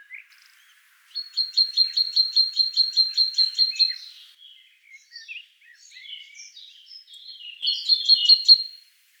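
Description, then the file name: Great tit delivering a fast run of high repeated notes, then varied soft twittering, and a final burst of louder chattering notes. "Parus major"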